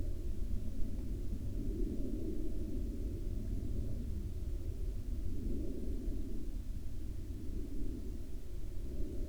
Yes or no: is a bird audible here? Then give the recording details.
no. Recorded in the Arctic National Wildlife Refuge, Alaska, on 31 July 2019 at 02:19. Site 40